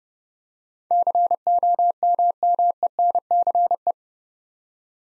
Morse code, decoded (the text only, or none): COMMENCE